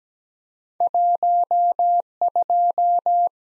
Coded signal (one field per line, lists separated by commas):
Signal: Morse code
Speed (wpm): 17 wpm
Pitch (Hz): 700 Hz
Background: none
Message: 1 2